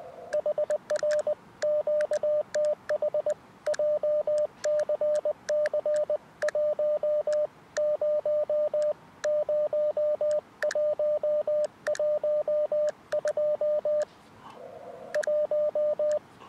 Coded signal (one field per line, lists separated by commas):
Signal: Morse code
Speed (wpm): 19 wpm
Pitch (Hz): 600 Hz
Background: radio noise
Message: HR QTH JCC1 0 0112 1